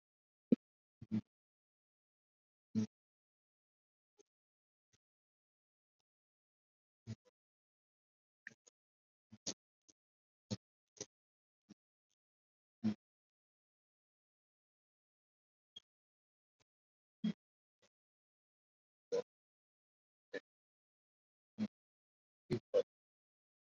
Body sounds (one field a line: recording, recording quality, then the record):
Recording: counting at a normal pace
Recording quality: poor, much background noise or distortion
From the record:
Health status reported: COVID-19 positive, moderate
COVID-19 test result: positive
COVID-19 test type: RT-PCR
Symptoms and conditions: cough, cold, breathing difficulty, fever, fatigue, chronic lung disease, hypertension, diabetes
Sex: male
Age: 65 years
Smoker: no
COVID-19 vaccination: both doses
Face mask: worn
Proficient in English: no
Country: India